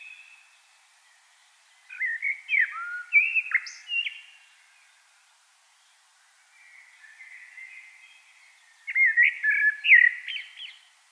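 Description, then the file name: Common blackbird song in two separate phrases of rich, warbled whistles with a quiet, softer warble between them. "Turdus merula"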